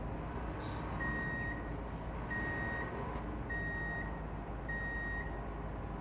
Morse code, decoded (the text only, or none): none